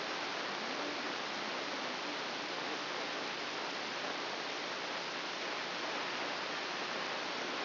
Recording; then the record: brain microelectrode recording played as sound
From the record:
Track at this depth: inside the subthalamic nucleus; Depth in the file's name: 5.307 mm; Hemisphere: left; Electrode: 3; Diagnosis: Parkinson's disease